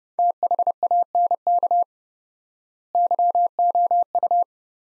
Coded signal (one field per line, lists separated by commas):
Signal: Morse code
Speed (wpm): 32 wpm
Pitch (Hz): 700 Hz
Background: none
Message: THANK YOU